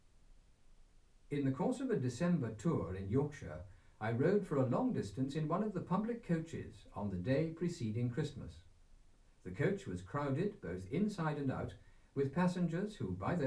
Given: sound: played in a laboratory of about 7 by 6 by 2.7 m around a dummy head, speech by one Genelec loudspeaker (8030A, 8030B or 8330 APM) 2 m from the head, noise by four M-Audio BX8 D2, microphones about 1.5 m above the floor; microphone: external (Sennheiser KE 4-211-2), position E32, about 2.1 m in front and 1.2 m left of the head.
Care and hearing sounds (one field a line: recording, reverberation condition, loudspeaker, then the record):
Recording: male speech in English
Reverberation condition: low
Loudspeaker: 120 degrees to the right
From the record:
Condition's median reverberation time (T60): about 310 ms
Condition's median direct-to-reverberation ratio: about 3.5 dB